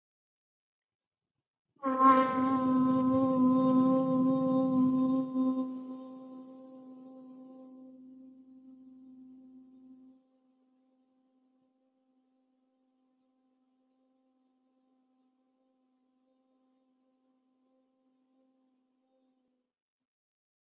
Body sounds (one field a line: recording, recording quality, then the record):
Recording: sustained vowel as in boot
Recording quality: excellent, no background noise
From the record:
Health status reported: healthy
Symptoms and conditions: none ticked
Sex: female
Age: 36 years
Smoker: not ticked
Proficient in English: yes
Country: India